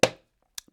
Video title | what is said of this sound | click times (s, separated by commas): NIVARI Eden Collection 4K Watch Review | So, hinge lid is spring-loaded. It snaps shut with a nice positive click | 0.0 s